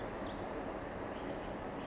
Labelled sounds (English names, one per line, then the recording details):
Pacific Wren
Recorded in Sonoma County, California